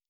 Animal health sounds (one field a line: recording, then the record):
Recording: hydrophone in a shrimp aquaculture tank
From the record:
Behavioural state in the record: normal